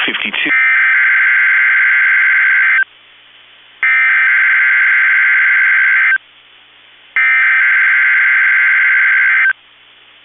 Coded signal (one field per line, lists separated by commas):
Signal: Emergency Alert System (SAME) tones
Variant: header bursts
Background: speech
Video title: NOAA Weather Radio (KEC65 Minneapolis) - Required Weekly Test (EAS #213)